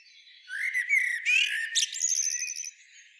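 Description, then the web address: Common blackbird song: one short, loud burst of squeaky, slurred notes ending in a quick run of clicking chatter. "SETE Turdus merula"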